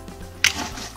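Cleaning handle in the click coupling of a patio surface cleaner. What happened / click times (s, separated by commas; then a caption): The click coupling's latch let go and the handle came free / 0.4 s. The pawl of the click coupling on a patio surface cleaner is pulled back and the cleaning handle is taken off the unit so the lance can be fitted for cleaning the edges. A sharp click is heard at 0.4 s as the coupling lets go, and the handle is released.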